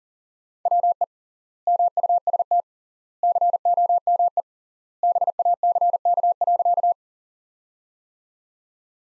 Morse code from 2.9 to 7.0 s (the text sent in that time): COME BACK.